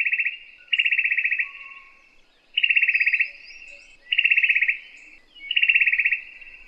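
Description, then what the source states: Greyback trilling: fast rattling bursts of under a second each, repeated about every one and a half seconds. Combination of trills (kombinasi trill) song style.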